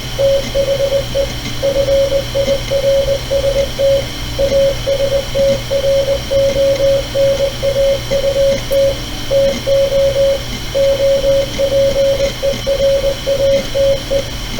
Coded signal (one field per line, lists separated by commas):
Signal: Morse code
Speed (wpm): 20 wpm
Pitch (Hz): 550 Hz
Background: radio noise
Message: THE FIRST ASTRONAUT TO OPERATE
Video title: Youth Outreach for Morse Code Exposure -- recorded by Duane Wyatt